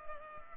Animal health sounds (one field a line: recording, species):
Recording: mosquito wingbeat signal from an infrared sensor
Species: Culex pipiens